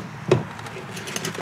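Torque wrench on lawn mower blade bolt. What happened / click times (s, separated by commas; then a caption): The torque wrench clicked at its set torque / 0.3 s. A torque wrench tightens the blade bolt on a RYOBI 40V Brushless 3-in-1 push mower, with the blade propped with wood. The wrench gives a sharp click at 0.3 s, followed by softer ticks near 1.2 s. The bolt is confirmed torqued to the specified 30.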